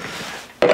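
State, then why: Seated. A table leg for the taller table in an Airstream Basecamp 16X travel trailer is pushed into its table mount with a low, steady rubbing noise. At 0.6 s it snaps in place with a sharp, loud click and short ring, seating the leg so it can then be spun to different angles.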